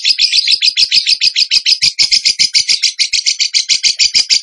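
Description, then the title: Bird song: a continuous fast series of shrill, repeated chip notes, steady and unbroken throughout. Training recording (masteran) of a bird singing in the tembakan gacor style. "Masteran Burung Tembakan Gacor"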